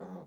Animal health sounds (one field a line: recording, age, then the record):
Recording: pig call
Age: piglet (1 to 25 days)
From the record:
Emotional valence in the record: negative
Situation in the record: long isolation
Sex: male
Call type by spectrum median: low-frequency call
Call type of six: low-frequency stable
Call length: 0.27 s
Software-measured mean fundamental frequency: 47 Hz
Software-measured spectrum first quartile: 194 Hz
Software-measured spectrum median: 360 Hz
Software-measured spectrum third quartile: 618 Hz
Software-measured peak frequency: 186 Hz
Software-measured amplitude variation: 99 dB a second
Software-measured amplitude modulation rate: 12.9 a second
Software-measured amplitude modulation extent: 7.7 dB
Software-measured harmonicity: 2.6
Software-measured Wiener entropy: 0.06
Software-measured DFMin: 1798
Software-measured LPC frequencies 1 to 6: 486, 3524, 4196, 6123, 7814, 8981 Hz